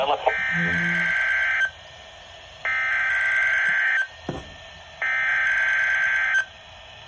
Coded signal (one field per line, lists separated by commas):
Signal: Emergency Alert System (SAME) tones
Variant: header bursts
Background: speech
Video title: 6/19/24 WXK83 Required Weekly Test Alert ERROR (EAS #2)